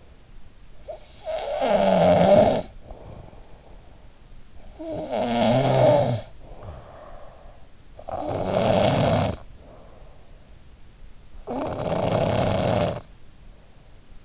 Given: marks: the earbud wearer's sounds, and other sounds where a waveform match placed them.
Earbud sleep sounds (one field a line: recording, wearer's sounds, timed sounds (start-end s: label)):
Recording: sounds in sleep by an in-ear microphone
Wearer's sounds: snoring breath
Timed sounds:
0.70-3.73 s: snoring breath
4.70-10.19 s: snoring breath
11.10-13.96 s: snoring breath